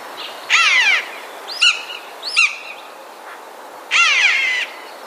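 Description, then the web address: Eurasian jay giving two harsh, rasping screeches several seconds apart, with two shorter notes in between. Alarm call, 9 March 2016. "wroblowe ostrzegator sojka 09 03 2016"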